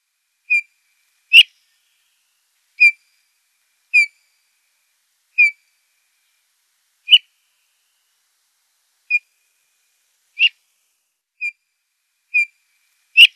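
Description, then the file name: Eurasian bullfinch with a series of soft, slightly falling piped whistles, spaced unevenly at one to two seconds. "Nikolay Mazepa - Golosa ptic Snegir Penie"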